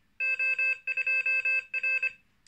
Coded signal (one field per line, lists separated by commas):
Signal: Morse code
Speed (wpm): 25 wpm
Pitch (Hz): 2600 Hz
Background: none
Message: O2R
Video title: Morserino-32